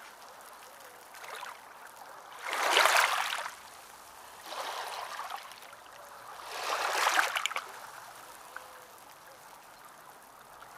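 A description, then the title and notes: Ocean waves wash in and out, with hissing surges of foam and water building and fading every two seconds or so. The strongest washes come near the three- and seven-second marks. Between them a soft, steady murmur of water continues. Ocean Sounds Asmr.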